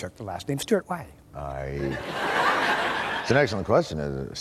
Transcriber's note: soundbite of laughter